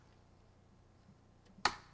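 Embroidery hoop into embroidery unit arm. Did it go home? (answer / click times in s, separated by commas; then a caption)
yes / 1.7 s. An embroidery hoop is slid onto the arm of a Husqvarna Viking Designer II sewing machine's embroidery unit. After a faint low hum, a single sharp, bright click sounds at 1.7 s and quickly fades. The hoop locks into place on the unit.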